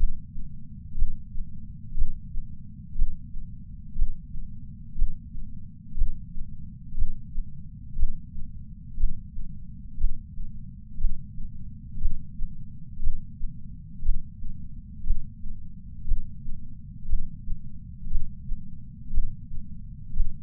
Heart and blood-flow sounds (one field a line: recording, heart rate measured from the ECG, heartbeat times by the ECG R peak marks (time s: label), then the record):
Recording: heart sounds by patch sensor on the chest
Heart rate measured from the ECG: 59 bpm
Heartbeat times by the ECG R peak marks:
0.96 s: heartbeat
1.96 s: heartbeat
2.96 s: heartbeat
3.96 s: heartbeat
4.96 s: heartbeat
5.96 s: heartbeat
6.96 s: heartbeat
7.97 s: heartbeat
8.98 s: heartbeat
9.98 s: heartbeat
10.99 s: heartbeat
11.99 s: heartbeat
13.01 s: heartbeat
14.03 s: heartbeat
15.05 s: heartbeat
16.06 s: heartbeat
17.07 s: heartbeat
18.09 s: heartbeat
19.12 s: heartbeat
20.14 s: heartbeat
From the record:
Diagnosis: coronary artery disease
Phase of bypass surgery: intraoperative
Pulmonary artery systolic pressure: 26 mmHg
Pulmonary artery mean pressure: 20 mmHg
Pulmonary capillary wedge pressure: 11 mmHg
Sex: female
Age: 69 years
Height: 148 cm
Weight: 51 kg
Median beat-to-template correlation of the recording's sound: 0.86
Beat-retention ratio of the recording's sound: 0.99